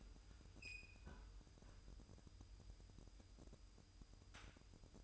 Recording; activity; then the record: daily activity, microphone in the room; close fridge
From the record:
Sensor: 2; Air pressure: 988.3 hPa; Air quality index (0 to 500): 191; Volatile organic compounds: 182 ppm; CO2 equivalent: 4151 ppm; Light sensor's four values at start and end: 21/70/27/26 and 21/70/27/26